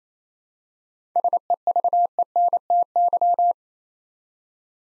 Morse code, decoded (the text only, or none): SEVENTY